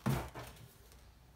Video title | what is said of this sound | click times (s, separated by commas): Product Review: MUZILI Rechargeable Cordless Multi Vacuum Cleaner | that was quite a nice positive click as well. | 0.1 s